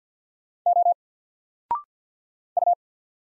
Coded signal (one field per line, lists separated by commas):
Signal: Morse code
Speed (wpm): 48 wpm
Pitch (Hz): 700 Hz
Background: none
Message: O U